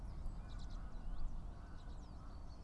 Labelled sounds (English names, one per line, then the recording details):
Common Chiffchaff
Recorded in Germany
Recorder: ecoPi